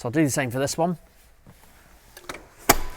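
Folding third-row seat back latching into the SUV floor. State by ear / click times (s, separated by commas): seated / 2.7 s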